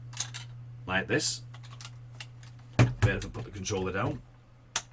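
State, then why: Seated. A drone remote controller is set into a plastic clip-on tablet-holder adapter and pressed down while someone talks, with some light tapping and handling sounds before it. A single sharp click at 4.8 seconds marks it clicking and locking in place.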